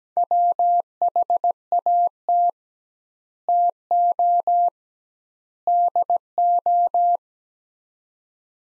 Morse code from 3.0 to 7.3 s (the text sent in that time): TO DO